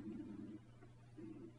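Two low, gurgling rumbles from an adult man's abdomen, with a brief pause between them: ordinary stomach growling from an empty stomach after skipping lunch.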